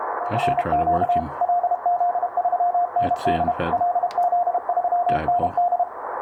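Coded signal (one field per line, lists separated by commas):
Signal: Morse code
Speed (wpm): 32 wpm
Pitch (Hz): 710 Hz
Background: speech, radio noise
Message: RQ LZ3ND LZ3ND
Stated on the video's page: Received on 7 MHz on a multi-tap-unun end-fed half-wave wire antenna with short feedline, the DX station working hard to copy the call.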